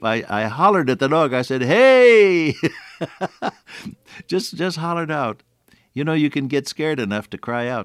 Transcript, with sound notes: I hollered at the dog, I said, “Hey!” [chuckle] Just hollered out. You know, you can get scared enough to cry out.